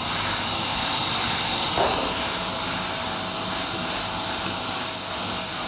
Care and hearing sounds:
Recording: daily activity, microphone in the room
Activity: vacuum cleaning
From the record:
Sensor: 2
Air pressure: 994.3 hPa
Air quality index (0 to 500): 213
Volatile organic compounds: 1000 ppm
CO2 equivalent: 7027 ppm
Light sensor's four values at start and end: 43/102/42/43 and 48/112/47/47

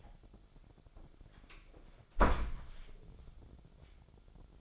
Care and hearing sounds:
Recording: daily activity, microphone in the room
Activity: close door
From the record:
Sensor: 5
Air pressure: 1007.3 hPa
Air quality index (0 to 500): 166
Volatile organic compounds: 4 ppm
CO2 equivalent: 1588 ppm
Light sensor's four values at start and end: 57/161/62/63 and 56/157/61/61

